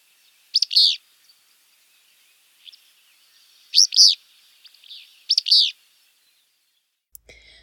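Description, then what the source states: Willow Flycatcher repeating a burry fitz-bew phrase three times, a few seconds apart. Song rendered as 'fitz-bew', also 'Pete's beer' or 'free beer'.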